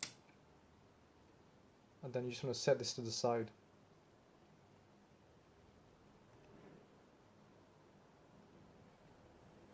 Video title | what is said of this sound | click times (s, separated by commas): iPod Classic 5th/6th Gen Headphone Jack Full Replacement | should hear a popping noise to indicate that the bar is now loose and | 0.0 s